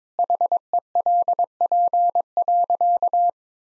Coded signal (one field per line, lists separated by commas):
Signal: Morse code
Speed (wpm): 22 wpm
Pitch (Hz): 700 Hz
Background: none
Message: HELP.